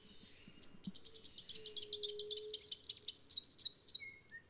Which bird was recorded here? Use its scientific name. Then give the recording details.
Basileuterus rufifrons. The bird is a male. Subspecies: rufifrons. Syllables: 36. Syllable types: 8. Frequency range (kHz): 3.0-7.8 kHz. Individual CS-BYNS-M